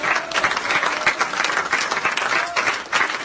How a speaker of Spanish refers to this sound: ¿Cuántos alaban? Dios mío, denle ese aplauso a Dios de gloria si usted puede.